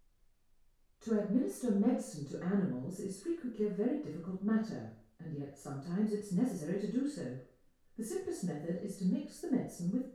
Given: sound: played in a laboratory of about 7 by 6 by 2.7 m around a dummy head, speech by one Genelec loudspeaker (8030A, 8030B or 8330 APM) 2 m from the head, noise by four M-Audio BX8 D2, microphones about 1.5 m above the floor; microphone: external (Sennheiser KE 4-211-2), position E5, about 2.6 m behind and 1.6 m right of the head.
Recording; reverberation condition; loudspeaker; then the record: female speech in English; medium; 120 degrees to the right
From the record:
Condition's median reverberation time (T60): about 510 ms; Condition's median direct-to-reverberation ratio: about -0.5 dB